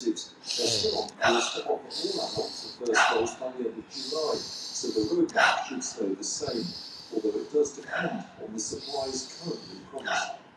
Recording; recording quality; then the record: deep breathing; excellent, no background noise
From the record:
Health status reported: healthy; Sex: female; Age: 54 years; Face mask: worn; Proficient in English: yes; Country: India